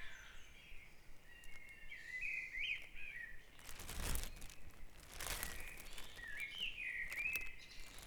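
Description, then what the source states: Birds singing warbled phrases at the start and end, with loud rushing noise bursts in the middle. Dawn chorus recorded at Back Dragon Avenue, Harrogate, as part of a sound map of Harrogate.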